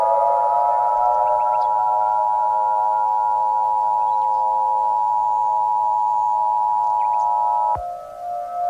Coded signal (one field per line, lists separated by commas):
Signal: Emergency Alert System (SAME) tones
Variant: 853 and 960 Hz attention tone